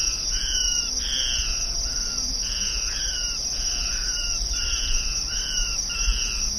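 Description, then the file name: Ocellated crake repeating brief falling notes, set against a steady shrill insect chorus. "Micropygiaschomburgkii"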